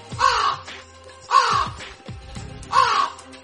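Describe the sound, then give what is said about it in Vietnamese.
A black crow perched in a bush caws three times, each call loud, harsh and grating, spaced about a second apart, with faint background noise in the pauses between them. “Con quả đen đậu trong bụi cây phát ra tiếng kêu khó nghe như đang dự báo cho điều chẳng lành.”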